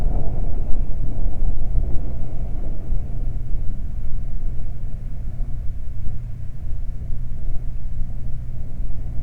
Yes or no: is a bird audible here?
yes